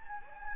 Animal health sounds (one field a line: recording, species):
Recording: mosquito wingbeat signal from an infrared sensor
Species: Anopheles gambiae